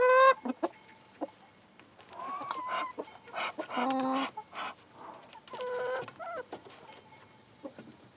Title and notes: Niederrieden, Deutschland - chicks. chicks duck open air cage